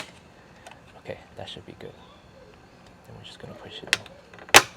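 Someone talks while pushing an ABS plastic hinge cover onto the sliding door hinge of a 2021–2025 Toyota Sienna van, with soft handling noises before. A sharp, loud hit at 4.6 s marks the cover seating in place.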